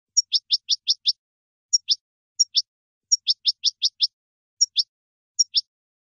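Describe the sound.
Finch calls: high, thin chirps in quick runs of about six, each run followed by a few spaced pairs of notes.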